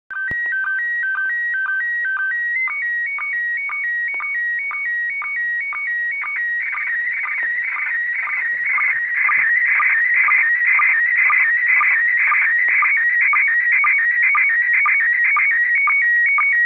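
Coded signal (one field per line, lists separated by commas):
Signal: SSTV (slow-scan television)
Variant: PD 120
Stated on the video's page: ISS SSTV on 145.800 MHz received at 30° elevation with Uniden Bearcat BCT15X and 2m/70cm dipole.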